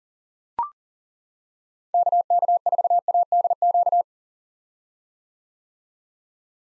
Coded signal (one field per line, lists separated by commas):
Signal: Morse code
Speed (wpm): 39 wpm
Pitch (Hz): 700 Hz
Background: none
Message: KK4ADQ